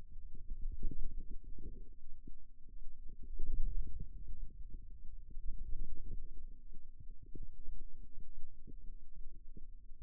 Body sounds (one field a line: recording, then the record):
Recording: forearm muscle sounds (acoustic myography)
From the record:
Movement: wrist extension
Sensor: system 2, bracelet of six BSWA MPA416 microphones around the upper forearm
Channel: 5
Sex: male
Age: 22 years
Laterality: right